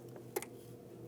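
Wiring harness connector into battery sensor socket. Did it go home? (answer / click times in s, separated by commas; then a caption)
yes / 0.4 s. The battery sensor wiring harness plug on a 2009-2017 Volvo XC60 is pushed into its socket on the negative battery terminal. A faint tick comes first, then a sharp, bright click at 0.4 s with a quick softer echo right after. The connector clicks in and is seated.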